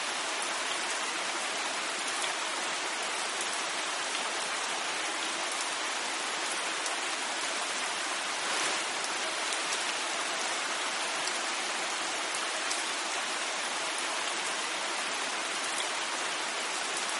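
Steady rainfall hisses evenly throughout, a dense wash of fine patter that stays bright and constant with very little low rumble. A faint swell near the middle briefly thickens the sound, but no distinct thunderclap stands out.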